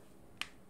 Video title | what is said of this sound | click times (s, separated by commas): 긍정의 원더우먼 - 김은혜 - 애터미 제품소개 - 에센셜 파운데이션 & 립리퀴드벨벳 F/W | 이 딸깍 소리가 날 정도로 꾹 | 0.4 s